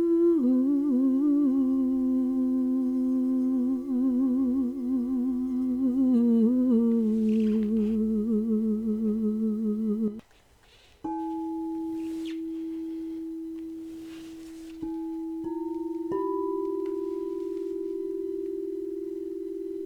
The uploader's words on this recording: Enjoy the sound of crystal singing bowls and soothing vocals.